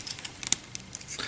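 During the transformation of a plastic SS-44 DOTM Optimus Prime action figure, the panel brought round from the back is clipped into the figure's body. A few light plastic ticks and rattles lead up to a sharp click at 0.5 s as the part seats, followed by another small tick near 1.0 s.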